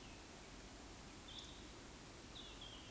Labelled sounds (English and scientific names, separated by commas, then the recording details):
Eurasian Woodcock (Scolopax rusticola) whistle
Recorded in Baden-Württemberg, Germany, on 13 June 2021 at 19:51 UTC
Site 23718, 552 m above sea level